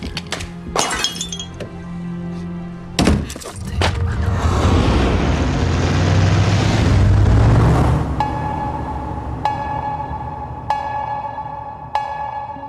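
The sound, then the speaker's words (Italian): In a radio dramatization, Gatsby's coupé, carrying Gatsby and Daisy, roars to life and drives off, its low rumble swelling for a few seconds before fading, following a couple of sharp clattering crashes and ending in steady tones. “Gatsby e Daisy se ne andarono con il coupé di Gatsby, senza una parola”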